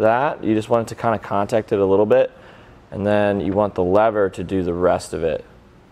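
A clamp on a Yakima BedRock HD truck bed rack is hand-tightened against the bed rail of a 2022 Ram 1500 Classic before its cam lever is closed. Across the 6.0 seconds someone talks, with brief pauses. The clamp lever has not snapped closed or seated yet.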